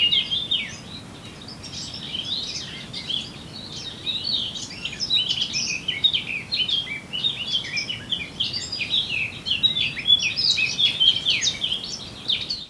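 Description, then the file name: Eurasian blackcap warbling song, a rapid, varied stream of chattering and fluty notes running almost without pause throughout, over a faint low hiss. "Sylvia atricapilla"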